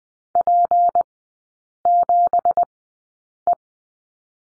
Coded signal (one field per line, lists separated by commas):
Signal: Morse code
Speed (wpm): 19 wpm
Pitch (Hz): 700 Hz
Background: none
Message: P7E